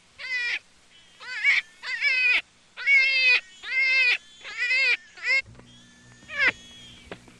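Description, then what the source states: Jackrabbit squealing in a quick string of wavering cries, then one last cry over a low steady mechanical hum. Juvenile.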